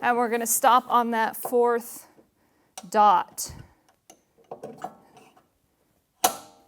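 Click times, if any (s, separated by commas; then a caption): 6.2 s. Someone talks, then a metal sliding foot-bar mechanism is pushed along the rail of an Allegro 2 Reformer exercise machine, giving several light clicks and taps along the way. It stops at the fourth dot, where it locks into the position stop with a sharp, loud click at 6.2 s, confirming it has seated.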